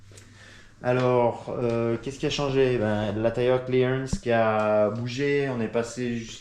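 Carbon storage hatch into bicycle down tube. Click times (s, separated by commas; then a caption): 0.2 s. A small carbon-fibre storage hatch, used to stow tools, a pump and an inner tube, is clipped shut into the down tube of a Basso Palta III gravel bike frame, giving a crisp, clean snap at 0.2 s. Someone then talks for the rest of the clip. The hatch is seated and closed.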